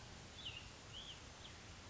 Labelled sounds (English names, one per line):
Cassin's Vireo